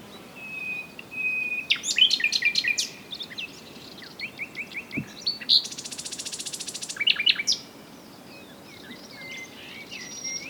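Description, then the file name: Common nightingale song: sharp chattering notes, a short run of rising chirps, then a long, even, buzzing trill, with a soft high whistle near the end. "Luscinia megarhynchos"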